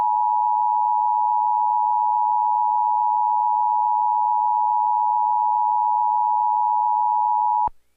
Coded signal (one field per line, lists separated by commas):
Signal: Emergency Alert System (SAME) tones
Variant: 853 and 960 Hz attention tone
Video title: EAS During Santiago of the Seas (November 18 2024)